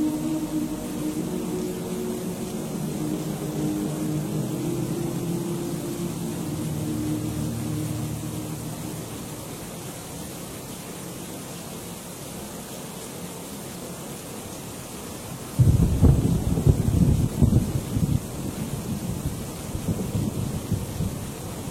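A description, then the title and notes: A stormy ambience with a steady low roar and rushing noise, a droning tone in the first half, and a sudden louder rumble after fifteen seconds. Stormy Night In A Medieval Monastery. Stormy ambience in a monastery.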